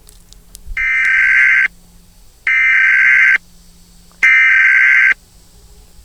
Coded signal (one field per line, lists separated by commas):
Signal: Emergency Alert System (SAME) tones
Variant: header bursts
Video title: EAS Scenario: Mickey Mouse.EXE